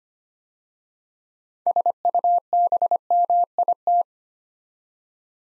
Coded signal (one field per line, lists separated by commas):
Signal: Morse code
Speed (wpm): 25 wpm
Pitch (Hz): 700 Hz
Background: none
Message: SUBMIT